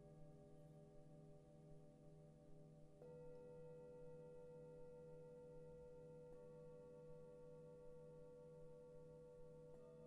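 Singing bowls ring in long, steady overlapping tones, with fresh strikes near three, six and ten seconds over a low continuous gong hum.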